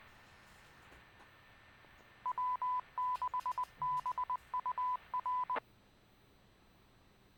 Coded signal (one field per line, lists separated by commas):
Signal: Morse code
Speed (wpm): 20 wpm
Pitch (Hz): 1000 Hz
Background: none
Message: W6BUR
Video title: Ham Radio FM Streaming